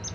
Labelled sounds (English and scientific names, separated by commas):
Palm Warbler (Setophaga palmarum) flight call